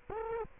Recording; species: mosquito wingbeat signal from an infrared sensor; Culex quinquefasciatus